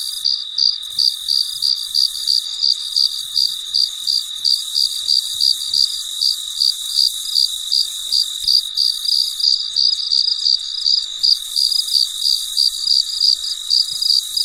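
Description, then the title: Cricket producing rhythmic high chirps near three per second over a persistent shrill insect background. Recorded late at night, in quiet surroundings. "深夜录制蟋蟀昆虫声"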